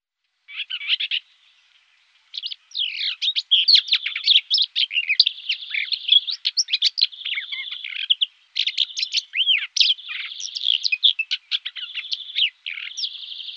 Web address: Ptaki Glosy Cierniowka